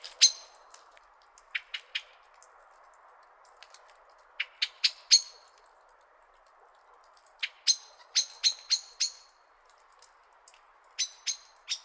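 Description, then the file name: Common blackbird sharp metallic chinking calls, short clicky notes given in short bursts with pauses between, over a soft steady background hiss. "Turdus merula"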